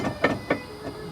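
A locking pin or clip on a car's trailer hitch, a metal hitch part, is fastened and gives two sharp clicks at 0.2 s and 0.5 s. The hitch part is then seated and secure.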